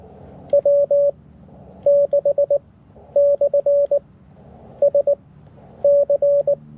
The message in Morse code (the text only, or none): W6/SC